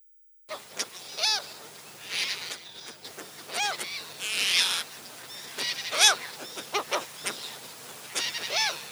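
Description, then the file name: Relict gull calls, repeated arched yelping notes with bursts of harsher noisy calling. "CHajka reliktovaja"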